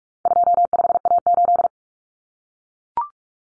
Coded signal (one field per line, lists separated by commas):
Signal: Morse code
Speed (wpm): 44 wpm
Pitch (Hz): 700 Hz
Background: none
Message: 25A8